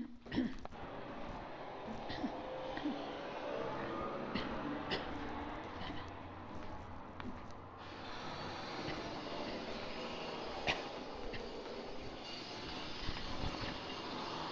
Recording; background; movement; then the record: throat clearing; traffic; walking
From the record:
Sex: female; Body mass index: 25.5 kg/m2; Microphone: on the chest, facing outward